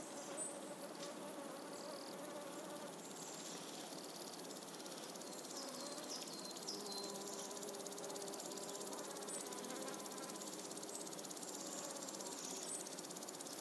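Close insects buzz and chirr in a dense, steady wash on a warm summer morning, while scattered birds call faintly in the background.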